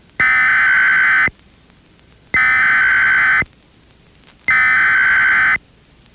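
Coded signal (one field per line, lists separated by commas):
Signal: Emergency Alert System (SAME) tones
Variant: header bursts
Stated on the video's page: Local EAS alert for severe thunderstorms aired on Oklahoma FM station 101.9 The Twister.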